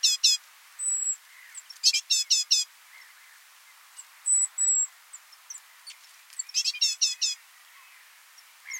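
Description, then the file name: Great tit calls: quick chattering bursts of four or five harsh notes, separated by pauses, with brief thin high whistles in between. "Parus major"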